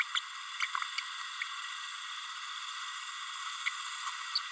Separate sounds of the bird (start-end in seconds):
0.15-0.20, 0.62-0.66, 3.65-3.70, 4.35-4.39